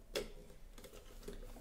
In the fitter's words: that and then when you move that then it will do a click sound